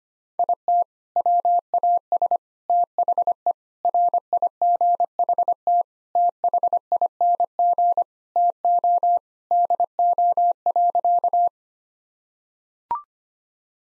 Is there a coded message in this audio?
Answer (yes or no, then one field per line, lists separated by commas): yes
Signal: Morse code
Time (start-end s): 0.4-11.5 s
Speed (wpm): 25 wpm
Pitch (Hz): 700 Hz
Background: none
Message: IT WAS THE RIGHT THING TO DO.